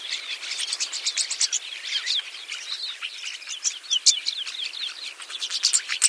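Birds chirping: many high, quick, overlapping tweets and short trills with no pause.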